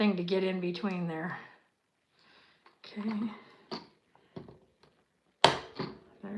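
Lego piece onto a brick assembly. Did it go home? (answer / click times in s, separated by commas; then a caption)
yes / 5.4 s. A plastic Lego piece is pushed onto a brick assembly while someone talks, with a few faint taps and scrapes as it is worked into a stiff spot. It seats with a single loud, sharp click at 5.4 s, after which someone talks again.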